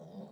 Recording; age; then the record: pig call; piglet (1 to 25 days)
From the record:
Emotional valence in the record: negative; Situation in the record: long isolation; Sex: female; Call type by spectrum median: low-frequency call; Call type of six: low-frequency stable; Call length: 0.32 s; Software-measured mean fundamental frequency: 53 Hz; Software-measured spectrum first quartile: 192 Hz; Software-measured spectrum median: 321 Hz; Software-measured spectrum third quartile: 614 Hz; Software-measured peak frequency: 191 Hz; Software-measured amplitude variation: 139 dB a second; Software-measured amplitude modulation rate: 20.3 a second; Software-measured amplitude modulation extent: 6.8 dB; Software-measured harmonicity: 3.5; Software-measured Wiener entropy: 0.23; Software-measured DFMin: 897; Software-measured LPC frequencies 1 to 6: 3739, 4823, 5682, 6532, 7646, 9174 Hz